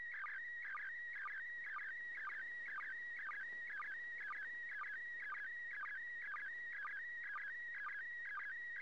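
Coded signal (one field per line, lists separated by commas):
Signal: SSTV (slow-scan television)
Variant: PD120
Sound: warbling tone around 1.9 kHz with regular low chirps about twice a second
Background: radio static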